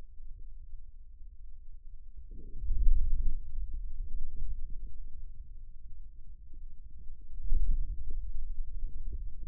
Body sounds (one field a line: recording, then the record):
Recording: forearm muscle sounds (acoustic myography)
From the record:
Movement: inward rotation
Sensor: system 2, bracelet of six BSWA MPA416 microphones around the upper forearm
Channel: 1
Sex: male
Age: 22 years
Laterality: right